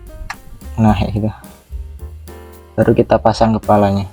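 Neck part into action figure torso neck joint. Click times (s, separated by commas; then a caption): 0.3 s. A plastic neck piece is pressed onto the neck joint of a posable action figure's torso and seats with a sharp, loud, short click at 0.3 s. Someone talks over soft background music, and a few lighter ticks follow.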